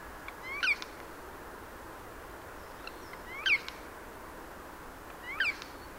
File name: Garrulus glandarius